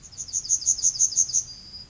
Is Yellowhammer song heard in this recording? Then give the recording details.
yes. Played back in forest. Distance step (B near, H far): D. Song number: 170